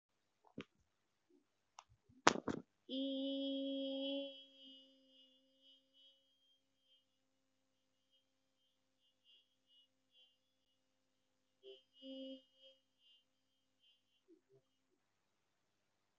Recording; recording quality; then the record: sustained vowel as in beet; excellent, no background noise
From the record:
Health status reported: healthy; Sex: female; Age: 27 years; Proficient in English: yes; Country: India